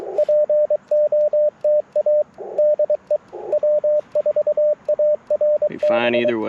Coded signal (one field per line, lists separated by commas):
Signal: Morse code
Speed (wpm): 23 wpm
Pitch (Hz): 600 Hz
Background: speech, radio noise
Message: POTA DE W4ARB